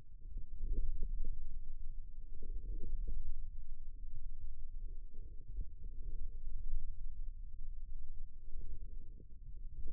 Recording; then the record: forearm muscle sounds (acoustic myography)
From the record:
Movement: forearm supination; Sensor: system 1, eight BSWA MPA416 microphones around the upper forearm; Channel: 6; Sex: male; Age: 28 years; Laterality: right